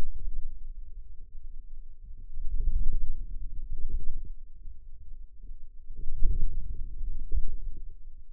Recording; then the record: forearm muscle sounds (acoustic myography)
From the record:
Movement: ulnar deviation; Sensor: system 2, bracelet of six BSWA MPA416 microphones around the upper forearm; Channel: 6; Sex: female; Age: 21 years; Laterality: right